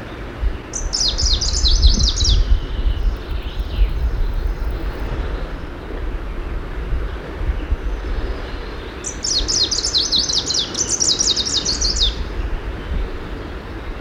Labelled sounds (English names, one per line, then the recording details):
Greenish Warbler song
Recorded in the wild
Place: Göhren, Insel Rügen, Mecklenburg-Vorpommern, DE
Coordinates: 54.342, 13.741
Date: 1978-06-07 07:15
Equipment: Nagra III BH, Sennheiser MD 21, parabola
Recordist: Schubert, Michael
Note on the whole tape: Spontangesang Grüner Laubsänger